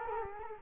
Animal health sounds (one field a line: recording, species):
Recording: mosquito wingbeat signal from an infrared sensor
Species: Culex quinquefasciatus